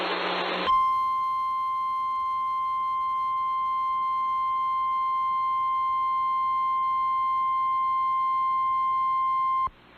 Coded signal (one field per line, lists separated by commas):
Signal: Emergency Alert System (SAME) tones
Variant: 1050 Hz attention tone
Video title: TFX RETURNS ONCE MORE... EAS Alerts from 7/15/22 (EAS 1,405-1,417)